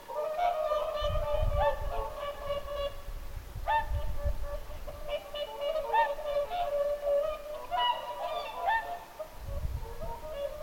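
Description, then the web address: Whooper swan flock honking in a dense, bugling chorus while low rumbling bursts of background noise come and go underneath. Whooper swans calling at Lintulahti, 6 November 2025. "paivat 6 11 2025 laulujoutsenten aantelya lintulahdella"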